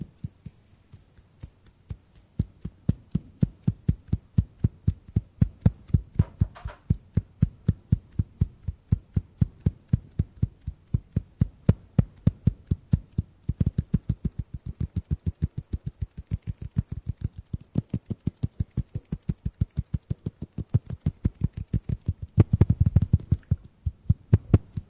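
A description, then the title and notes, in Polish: Hand sounds for ASMR: steady, rhythmic soft taps with dull low thumps, speeding into a quicker, denser patter after about thirteen seconds. ASMR DŹWIĘKI DŁONI 40 MINUT! 50+ DŹWIĘKÓW.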